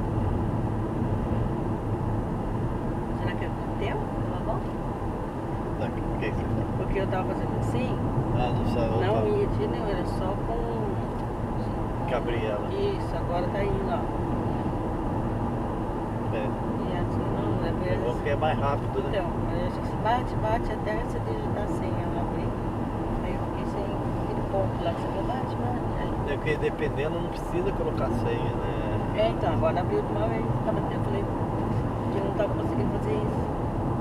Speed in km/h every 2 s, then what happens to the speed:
85, 85, 87, 88, 88, 90, 90, 90, 89, 89, 90, 90, 89, 89, 89, 90, 90.
0-34 steady at about 89.